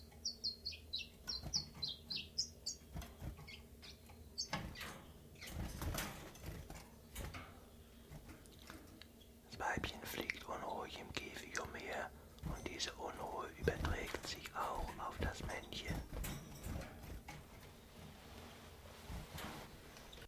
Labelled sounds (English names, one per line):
Common Chiffchaff